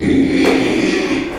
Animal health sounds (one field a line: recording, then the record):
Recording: squeal of a Yucatan mini pig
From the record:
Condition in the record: after surgery on the right vocal fold (resection and tissue-engineered implant)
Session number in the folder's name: 2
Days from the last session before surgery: 13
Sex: male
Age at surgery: 12 weeks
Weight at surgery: 13 kg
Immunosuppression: cyclosporine, prednisolone